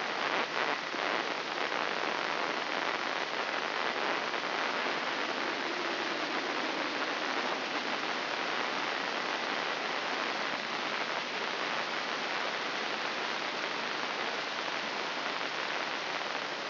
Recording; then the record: brain microelectrode recording played as sound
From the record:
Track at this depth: inside the subthalamic nucleus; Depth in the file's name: 2.111 mm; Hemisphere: left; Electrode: 3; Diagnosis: Parkinson's disease